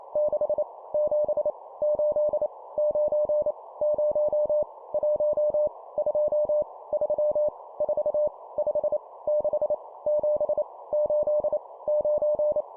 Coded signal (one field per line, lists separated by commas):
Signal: Morse code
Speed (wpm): 28 wpm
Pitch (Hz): 600 Hz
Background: none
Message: 6 7 8 9 0 1 2 3 4 5 6 7 8 9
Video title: 25wpm Numbers, cw morse code practice